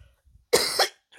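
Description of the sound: A single short cough from an adult man whose voice is worn by a winter illness and who coughs when he talks too much. It lasts under half a second, with a sharp explosive onset and a harsh, noisy quality. A brief second push comes just before it fades, followed by quiet breathing.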